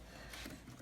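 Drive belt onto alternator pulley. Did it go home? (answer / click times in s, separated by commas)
no / none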